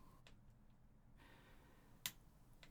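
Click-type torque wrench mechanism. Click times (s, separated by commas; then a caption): 2.1 s. A Tohnichi MTQL40N click-type torque wrench with a 5–40 Nm range is brought up to its set torque. Faint ticks are heard around 0.3 s and 2.6 s, and a sharp, positive click sounds at 2.1 s, confirming the wrench reached its setting.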